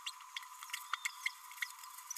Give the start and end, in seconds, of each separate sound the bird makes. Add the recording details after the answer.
0.06-0.10, 0.36-0.38, 0.93-0.95, 1.25-1.29, 1.62-1.66. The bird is a male. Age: 29 days. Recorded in a nest box in Venezuela. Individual 17B32A6